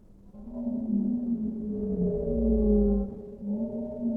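Whale song: a sustained harmonic moan that wavers gently in pitch, brief pause, then resumes, over low background rumble.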